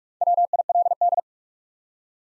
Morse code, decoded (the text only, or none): WILD